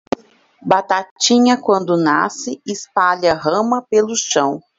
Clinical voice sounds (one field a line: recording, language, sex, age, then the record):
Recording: short text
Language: Brazilian Portuguese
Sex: female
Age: 30 to 39 years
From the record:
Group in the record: control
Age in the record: 36 years